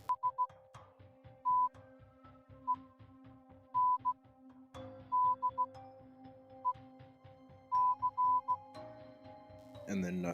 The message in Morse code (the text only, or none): STENDEC